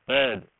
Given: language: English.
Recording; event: throat vibration sensor signal played as sound; speech